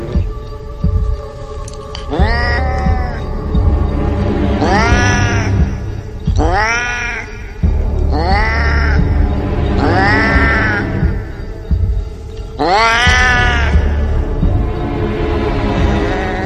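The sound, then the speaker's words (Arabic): Cats yowl and caterwaul in a series of about six long, drawn-out, rising-and-falling wails, loud and whiny, over a steady low throbbing hum. “الطبيب اصيب بمرض نادر انه كان ما بيعملش او بيسمع طوال اليوم صوت قطط، وكان بيصرخ ويجري في المستشفى ويقول ابعدوا القطط الموجودة عني.”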